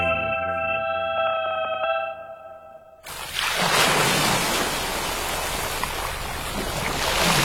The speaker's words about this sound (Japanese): ザバン、ザバン。海が光っている。どこか遠くの心の中の雫がぽたり集まって、ザバンザバン、海が揺れている。